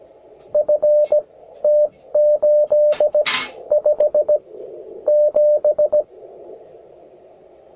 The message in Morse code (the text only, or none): FT857